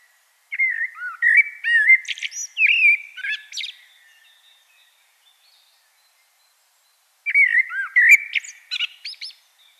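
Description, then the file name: Common blackbird song, two phrases of rich, rising and falling whistles with high squeaky flourishes, a quiet gap between them. "Turdus merula"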